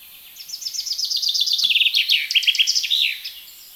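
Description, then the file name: Common chaffinch song: a bright trill of repeated notes that tumbles downward through several phrases and ends in a sharp flourish, lasting about three seconds. "Fringilla coelebs"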